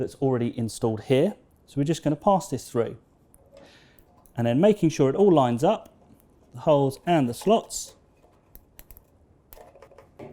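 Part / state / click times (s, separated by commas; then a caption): side burner control component into the metal front panel of a barbecue side shelf / seated / 9.5 s. A side burner control part is passed through the metal front panel of a barbecue side shelf, its holes lined up with the slots, then pushed into place and pulled back while someone talks. A few faint taps and knocks come before a small sharp click at 9.5 s as the part locks and seats in the panel.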